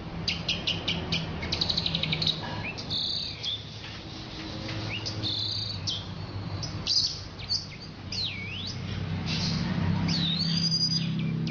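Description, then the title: Orange-headed thrush song: a varied run of short, high notes and slurred whistles, some swooping down and up, with a steady low hum underneath. "Anis Merah"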